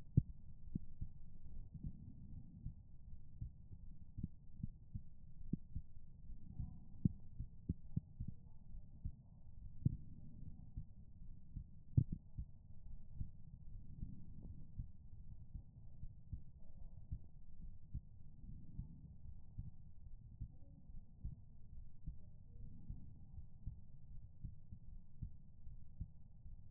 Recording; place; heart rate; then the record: heart sounds by stethoscope; pulmonary valve (PV); 73 bpm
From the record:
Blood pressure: 104/75 mmHg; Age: 28 years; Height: 163 cm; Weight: 60 kg